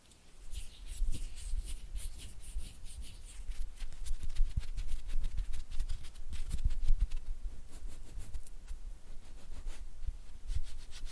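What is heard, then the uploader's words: Soft hand sounds: slick rubbing and rapid finger flutters that make a dense run of tiny taps and swishes. Low thumps recur every second or so, and brighter ticking clusters bunch up around the middle before easing. ASMR Oily Hand and Flutter Finger Sounds (No Talking).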